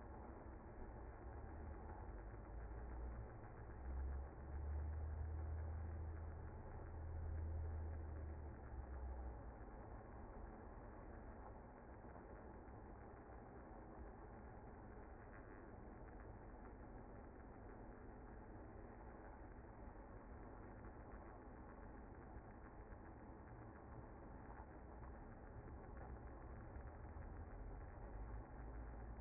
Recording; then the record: honeybee colony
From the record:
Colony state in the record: active